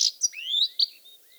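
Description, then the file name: European goldfinch, a few quick high chirps and slurred whistled notes, brief and clear. "Carduelis carduelis"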